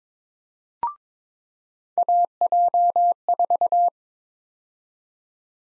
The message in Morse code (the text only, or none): AJ4